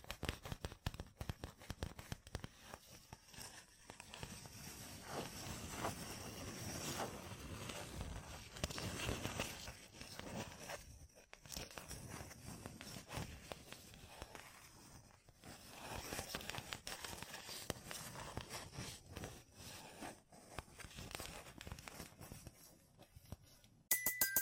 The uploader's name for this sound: Gem Covered Fingertips Tapping and Scratching